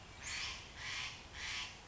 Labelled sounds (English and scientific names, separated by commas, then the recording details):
Steller's Jay (Cyanocitta stelleri)
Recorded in Sonoma County, California